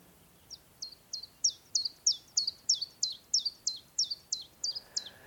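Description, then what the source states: Common chiffchaff song: a steady series of high, clipped notes that drop sharply. Played back reference recording; notes sound dragged out, as if they must be pulled out of the bird.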